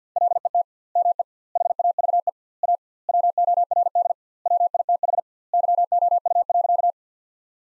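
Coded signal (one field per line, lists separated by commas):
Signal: Morse code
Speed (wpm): 50 wpm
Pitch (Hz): 700 Hz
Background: none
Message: LET ME HAVE A WORD WITH YOU.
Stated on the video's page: Head-copy drill of sentences built from the top 300 words, at 50 wpm with 2x word spacing, similar to Farnsworth.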